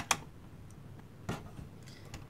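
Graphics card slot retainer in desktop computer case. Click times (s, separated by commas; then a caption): 0.1 s. After an RX 580 graphics card is installed in an Apple Mac Pro tower, the expansion slot retainer is pushed down and rotated until it pops into place with a sharp click at 0.1 s, seating it. Softer taps and handling sounds follow around 1.3 s and 2.1 s.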